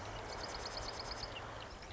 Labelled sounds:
Marsh Wren (Cistothorus palustris)
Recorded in Sonoma County, California

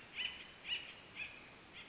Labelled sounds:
Acorn Woodpecker (Melanerpes formicivorus)
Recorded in Sonoma County, California

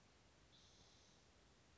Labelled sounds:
Spotted Towhee (Pipilo maculatus)
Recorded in Sonoma County, California

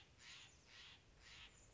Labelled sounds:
Steller's Jay (Cyanocitta stelleri)
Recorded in Sonoma County, California

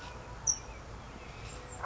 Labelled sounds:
California Towhee (Melozone crissalis)
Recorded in Sonoma County, California

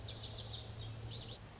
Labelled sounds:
Lazuli Bunting (Passerina amoena)
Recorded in Sonoma County, California

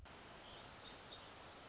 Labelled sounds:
Black-throated Gray Warbler (Setophaga nigrescens)
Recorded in Sonoma County, California

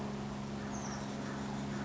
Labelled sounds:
Oak Titmouse (Baeolophus inornatus)
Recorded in Sonoma County, California

